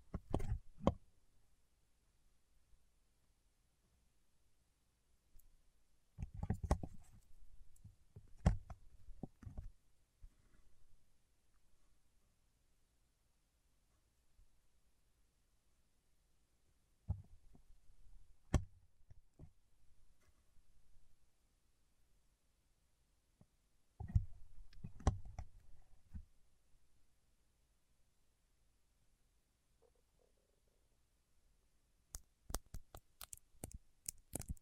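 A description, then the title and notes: Fingertips work at wax in short bursts of sticky rubbing, sharp clicks and soft low thumps, separated by long stretches of near silence. Activity clusters at the start, around six to nine seconds, near seventeen, around twenty-five, and again densely at the end. ASMR with Wax Fingertips for Sleep (No Talking).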